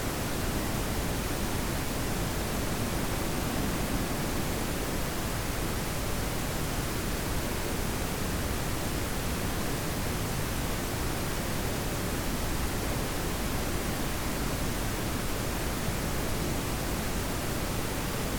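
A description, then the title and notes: Steady pink noise hisses evenly throughout, a dense, unchanging wash weighted toward the low end with softer highs and no events. Pinkerbell the Pink Noise Fairy.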